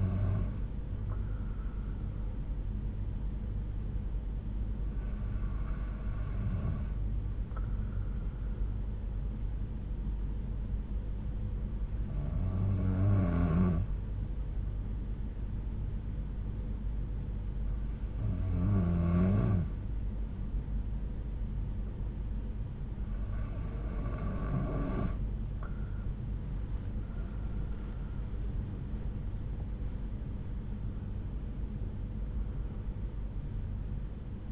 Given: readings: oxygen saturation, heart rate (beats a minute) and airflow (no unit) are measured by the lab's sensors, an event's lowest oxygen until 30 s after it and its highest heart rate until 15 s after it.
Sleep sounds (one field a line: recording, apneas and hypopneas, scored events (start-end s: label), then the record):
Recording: breathing in sleep by a smartphone at the bedside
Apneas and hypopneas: 1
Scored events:
10.00-28.90 s: hypopnea (N2, oxygen 93% highest, then 91% lowest)
15.00-34.52 s: new sleep stage, N1 (lightest sleep)
From the record:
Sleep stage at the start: N2 (light sleep)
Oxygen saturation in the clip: 91 to 93%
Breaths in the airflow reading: 7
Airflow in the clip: -6.8 to 6.4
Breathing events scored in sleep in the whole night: 368 in 8.0 hours asleep